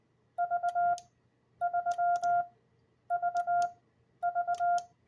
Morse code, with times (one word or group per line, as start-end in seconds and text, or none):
0.4-0.9 V
1.6-2.4 3
3.1-3.7 V
4.2-4.8 V